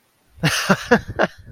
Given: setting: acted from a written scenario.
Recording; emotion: vocal sound without words; amusement